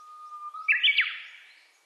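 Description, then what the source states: Japanese bush warbler song: a low, drawn-out whistle, then a sudden bright burst of sliding notes that trails off quickly. Recorded 29 April 2001.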